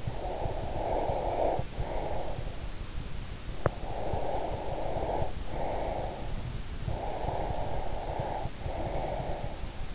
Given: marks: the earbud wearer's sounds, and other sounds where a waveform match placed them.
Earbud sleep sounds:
sounds in sleep by an in-ear microphone; breath, teeth grinding
0.00-2.54 s: breath
3.54-3.80 s: teeth grinding
3.80-6.56 s: breath
6.82-9.73 s: breath

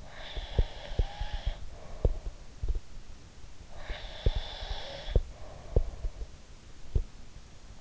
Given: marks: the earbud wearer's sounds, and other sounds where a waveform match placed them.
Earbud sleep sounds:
sounds in sleep by an in-ear microphone; breath
0.00-2.32 s: breath
0.35-2.85 s: sound from someone else or the room
3.69-6.31 s: breath
3.89-7.06 s: sound from someone else or the room

